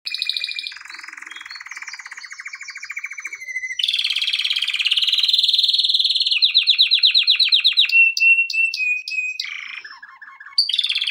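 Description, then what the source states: Canary song, a varied run of rapid trills and buzzy rolls shifting between pitches, with bright whistled notes and sharp clicks, tours changing every second or two. Intended for training canaries.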